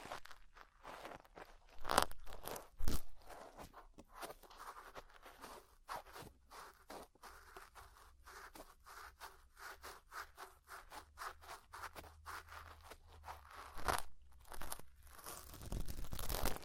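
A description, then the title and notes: Ear cleaning sounds made of rapid, dry crunching and crackling scrapes that come in dense bursts throughout. Sharper, louder scratches stand out around two, three, fourteen and sixteen seconds, with a soft low hum running underneath. ASMR Deep Ear Cleaning Session. (No Talking).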